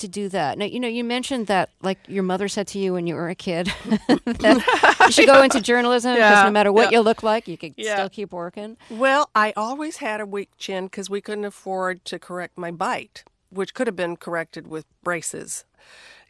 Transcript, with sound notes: Now, you know, you mentioned that like your mother said to you when you were a kid that...
(LAUGHTER)
...you should go into journalism...
Yeah, yeah.
...because no matter you look like you could still keep working.
Yeah. Well, I always had a weak chin because we couldn't afford to correct my bite, you know, and - which could have been corrected with braces.